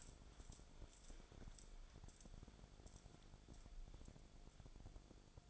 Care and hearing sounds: daily activity, microphone in the room; wipe stove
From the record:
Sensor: 5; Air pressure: 1000.6 hPa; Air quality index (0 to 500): 160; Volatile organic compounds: 2 ppm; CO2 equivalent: 1227 ppm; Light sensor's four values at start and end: 48/100/46/52 and 48/100/46/52

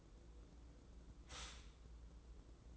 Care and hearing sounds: daily activity, microphone in the room; stop toaster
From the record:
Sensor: 3

